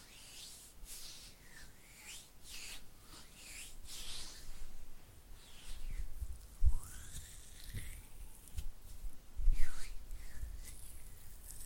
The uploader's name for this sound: Oily Hand and Flutter Finger Sounds